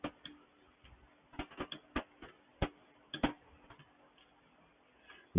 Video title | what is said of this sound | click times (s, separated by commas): GCV 160 Rebuild 1 | hear that click | 3.1 s, 3.2 s